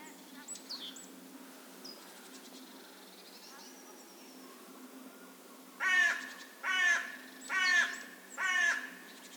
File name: Corvus corone